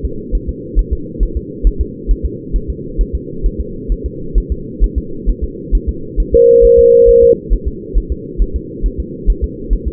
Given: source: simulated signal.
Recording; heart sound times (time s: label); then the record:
fetal heart sounds
0.05 s: S2
0.35 s: S1
0.49 s: S2
0.79 s: S1
0.93 s: S2
1.23 s: S1
1.37 s: S2
1.67 s: S1
1.81 s: S2
2.11 s: S1
2.25 s: S2
2.56 s: S1
2.70 s: S2
3.01 s: S1
3.15 s: S2
3.46 s: S1
3.61 s: S2
3.92 s: S1
4.06 s: S2
4.38 s: S1
4.52 s: S2
4.84 s: S1
4.98 s: S2
5.29 s: S1
5.44 s: S2
5.75 s: S1
5.89 s: S2
6.20 s: S1
6.34 s: S2
6.65 s: S1
6.79 s: S2
7.09 s: S1
7.23 s: S2
7.53 s: S1
7.68 s: S2
7.98 s: S1
8.12 s: S2
8.42 s: S1
8.56 s: S2
8.86 s: S1
9.00 s: S2
9.30 s: S1
9.44 s: S2
9.73 s: S1
9.88 s: S2
From the record:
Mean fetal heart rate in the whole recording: 135 bpm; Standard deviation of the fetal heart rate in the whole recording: 3 bpm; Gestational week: 36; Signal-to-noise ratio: -4.3 dB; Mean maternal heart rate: 72 bpm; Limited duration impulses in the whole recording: present